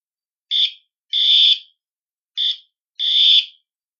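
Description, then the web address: Northern pintail whistles: a short reedy note followed by a longer drawn-out one, the pair given twice over four seconds against a silent background. "Duck -Pintail. Whistle"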